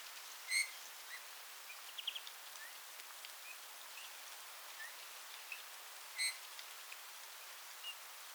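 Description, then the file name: Eurasian bullfinch calls: two soft, plaintive piping notes about five and a half seconds apart, with faint scattered chips in a quiet background. "Pyrrhula pyrrhula"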